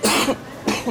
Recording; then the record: coughing mixed with background sound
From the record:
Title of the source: 61 morning phlegmy cough...again